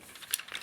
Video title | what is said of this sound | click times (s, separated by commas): Garatron Thunderstorm - IDW Thunderwing - Preview | go ahead and make sure that that all locks into place on the bottom of the wing. | 0.3 s